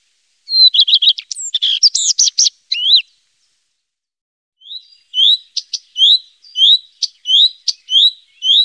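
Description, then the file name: Common redstart singing one rapid, varied twittering phrase, then after a pause a string of short high notes. "Rodstjart"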